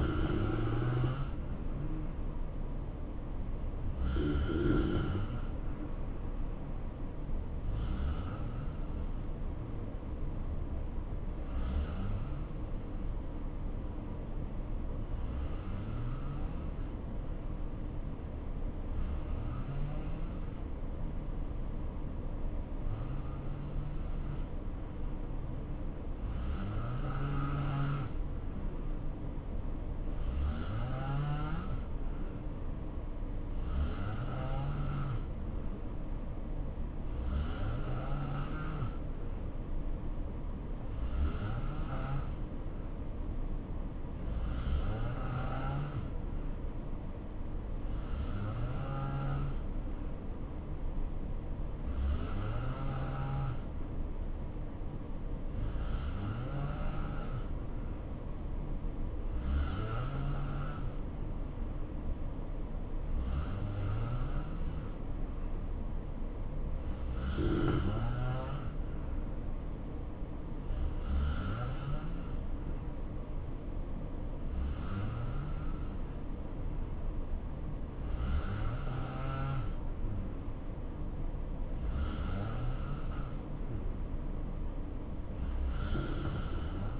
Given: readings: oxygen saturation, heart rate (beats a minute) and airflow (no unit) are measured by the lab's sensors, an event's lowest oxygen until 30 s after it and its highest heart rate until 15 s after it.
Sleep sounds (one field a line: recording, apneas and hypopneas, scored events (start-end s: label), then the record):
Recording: breathing in sleep by a smartphone at the bedside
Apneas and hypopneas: 1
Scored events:
10.00-73.60 s: hypopnea (N2, oxygen 91% highest, then 87% lowest, heart rate 63 at the start, 69 highest)
From the record:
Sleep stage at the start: N2 (light sleep)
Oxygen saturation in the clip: 87 to 91%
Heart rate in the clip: 63 to 69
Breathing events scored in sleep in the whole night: 277 in 7.4 hours asleep